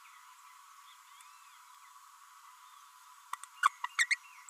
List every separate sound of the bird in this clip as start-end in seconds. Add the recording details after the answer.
3.63-3.69, 3.84-3.86, 3.98-4.06, 4.10-4.17. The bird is a female. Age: 32 days. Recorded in a nest box in Venezuela. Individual 17B32A5